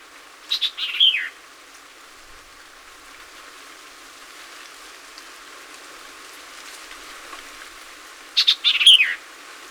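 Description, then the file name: White-eyed Vireo singing two brisk, jerky phrases of chips and a down-slurred whistle, about eight seconds apart, against a steady background hiss. Recorded 26 April 2019; seventeen songs. "2019-04-26 White-eyed Vireo 17 Songs"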